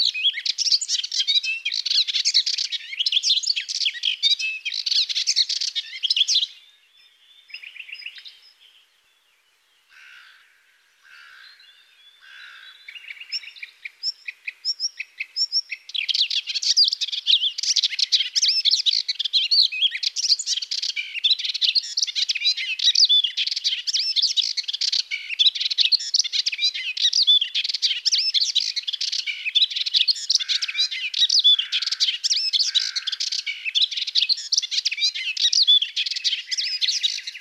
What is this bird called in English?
Melodious Warbler